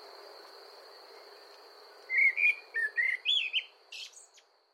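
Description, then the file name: Common blackbird delivering a short fluted phrase of mellow slurred notes that ends in a higher, scratchy twitter; quiet high hum before and during. "Turdus merula"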